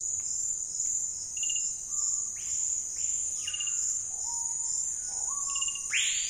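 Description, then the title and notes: Screaming piha calls: short flat whistled notes and loud ringing swoops that rise sharply and fall, repeated several times, with a steady shrill insect chorus and brief chirps behind. Calm afternoon in Amazon Basin rainforest, dense canopy with sparse undergrowth; insect chorus punctuated by the pihas' calls. "Amazon basin rainforest - Calm afternoon. Insect and frog chorus punctuated by the iconic calls of Screaming Pihas"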